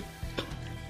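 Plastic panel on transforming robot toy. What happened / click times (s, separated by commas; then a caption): The plastic panel popped off / 0.4 s. While the clip on a plastic part of a Transformers Studio Series Voyager Class Soundwave (Bumblebee movie) robot toy is being checked, a panel without a rivet pops off at 0.4 s with a short, sharp plastic snap, as this part tends to do. The panel is released.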